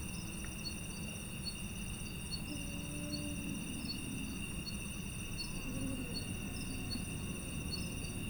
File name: Arabian Eagle Owl Hooting Of Five Individuals At Dusk